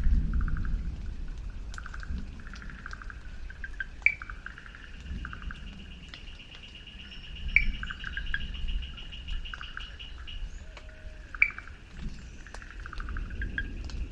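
Birds call over a low, steady rumble. Repeated chirps come in bursts, and a long, even trill runs through the middle. A few sharp clicks land near 4, 7.5 and 11.5 seconds, with faint scattered tweets between them.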